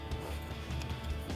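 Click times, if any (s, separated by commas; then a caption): none. A green plastic wiring harness connector is handled at the headlight housing socket of a 2009-2018 RAM 1500 OE-style headlight with a chrome housing and clear lens. A steady, music-like background runs throughout, with one brief sharp tick near 0.8 s. Nothing has seated or clicked yet; the connector is not home by the end of the clip.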